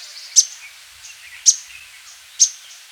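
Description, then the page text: Thick-billed flowerpecker calls: three sharp, thin, high ticks, roughly one second apart, with faint softer chips between them. "Thick-Billed Flowerpecker Calls. Quick Sounds"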